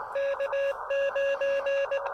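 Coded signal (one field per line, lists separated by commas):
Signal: Morse code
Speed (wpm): 16 wpm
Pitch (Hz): 560 Hz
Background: music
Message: K9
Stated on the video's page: Morse from a SOTA summit activation of Mount Pisgah using an Elecraft KX2 and a CHA MPAS Lite antenna.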